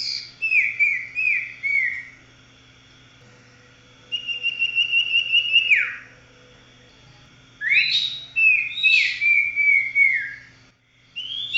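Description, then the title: Oriental magpie-robin song: a short run of descending slurred whistles, a long quavering note that falls steeply, then bursts of sweeping rising and falling notes, with a faint hum behind. "Kicau Kacer"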